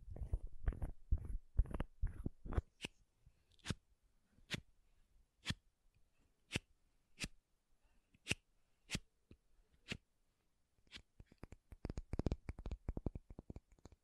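Makeup tapping and scratching: the clip opens with a quick run of heavy, thumping taps with a soft scrape between them. From about 3 to 10 seconds come single sharp, crisp clicks spaced roughly a second apart, then a dense burst of rapid, bright scratching closes it out.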